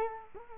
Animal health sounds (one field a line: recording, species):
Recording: mosquito wingbeat signal from an infrared sensor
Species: Culex quinquefasciatus